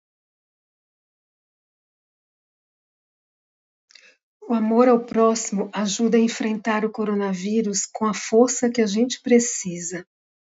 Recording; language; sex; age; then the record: spoken sentence; Brazilian Portuguese; female; 50 to 59 years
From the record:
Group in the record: control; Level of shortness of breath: 0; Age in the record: 59 years